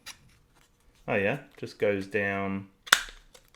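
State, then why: Seated. A plastic sun hood accessory is slid down over the top of a small handheld gimbal camera, an Osmo Pocket 3, while someone talks. A sharp snap at 2.9 s shows the hood clicking into place, followed by a few faint small clicks.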